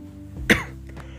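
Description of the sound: A single short, sharp cough from an adult man, breaking off mid-sentence in a quiet room.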